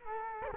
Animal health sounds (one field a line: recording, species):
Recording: mosquito wingbeat signal from an infrared sensor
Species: Culex quinquefasciatus